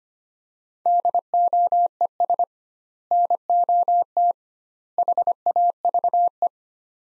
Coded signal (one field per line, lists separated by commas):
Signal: Morse code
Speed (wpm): 25 wpm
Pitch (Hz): 700 Hz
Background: none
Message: DOES NOT HAVE